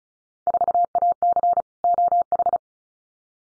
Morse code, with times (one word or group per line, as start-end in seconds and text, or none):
0.5-1.6 4AC
1.8-2.6 OH